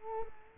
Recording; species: mosquito wingbeat signal from an infrared sensor; Culex quinquefasciatus